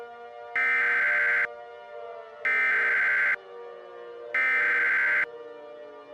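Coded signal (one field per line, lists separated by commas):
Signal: Emergency Alert System (SAME) tones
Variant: header bursts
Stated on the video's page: Fictional EAS scenario about a comet impact, not a real alert.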